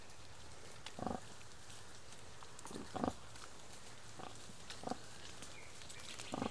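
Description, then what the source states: Wild boar making brief low grunts roughly every second or two, separated by quiet stretches. Gâtinais français regional park, France; 18 May 2024 at 23:00.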